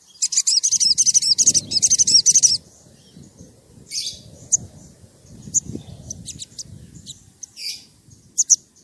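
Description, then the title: Oriental magpie-robin song: loud rapid burst of high, twittering, repeated notes for over two seconds, then sparse short chips over a soft rumbling background. Vigorous (gacor) whistling song used as a lure to provoke other magpie-robins into answering. "Pancingan Suara Siulan Kacer Gacor Mantap Untuk Memancing Kacer Lain Agar Mau Nyaut Bunyi"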